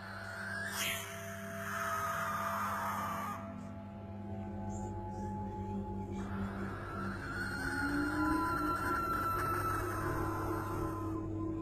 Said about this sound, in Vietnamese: Bỗng đầu có tiếng con chim lợn. Nó kêu tre tre, vọng lại từ hướng ngay chỗ vườn xoan ở cạnh nhà.